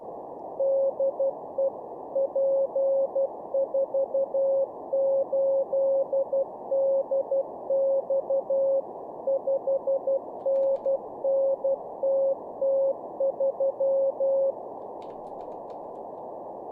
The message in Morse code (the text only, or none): DE P48DX 5NN TT3